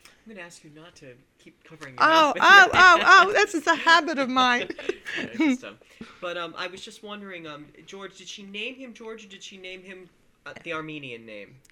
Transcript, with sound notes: I'm going to ask you not to keep covering the microphone... (they laugh)
Oh, oh, oh, oh! This is a habit of mine! (they laugh)
But I was just wondering, George, did she name him "George" or did she name him the Armenian name?